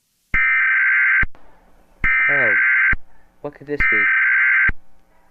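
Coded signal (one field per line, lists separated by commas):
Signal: Emergency Alert System (SAME) tones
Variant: header bursts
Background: speech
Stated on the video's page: Fictional EAS scenario.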